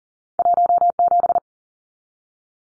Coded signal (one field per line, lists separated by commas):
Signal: Morse code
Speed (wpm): 40 wpm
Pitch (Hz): 700 Hz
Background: none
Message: 17